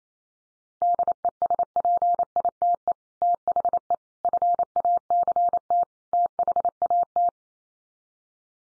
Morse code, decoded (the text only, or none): DESPITE THE FACT THAT